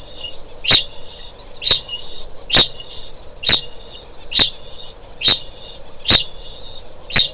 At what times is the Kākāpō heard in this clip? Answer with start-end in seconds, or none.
0.00-7.33